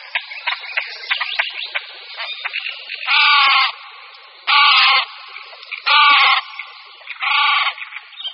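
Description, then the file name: Great crested grebe making rapid clicking, ticking notes that build into four loud, harsh, rasping calls spaced about a second and a half apart. "Potápka-roháč"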